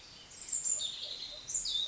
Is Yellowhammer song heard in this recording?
no